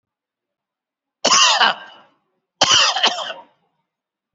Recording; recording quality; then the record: heavy voluntary cough; excellent, no background noise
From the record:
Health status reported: exposed to COVID-19, no respiratory illness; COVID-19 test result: not tested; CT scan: not taken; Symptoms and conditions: cold, diabetes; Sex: male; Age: 52 years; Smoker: no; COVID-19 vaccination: both doses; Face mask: worn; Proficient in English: yes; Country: India